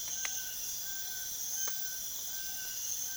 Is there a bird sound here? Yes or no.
yes